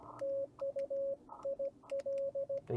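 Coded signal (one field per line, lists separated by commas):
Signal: Morse code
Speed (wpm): 20 wpm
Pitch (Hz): 550 Hz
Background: radio noise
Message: TU IL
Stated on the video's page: CW copy practice.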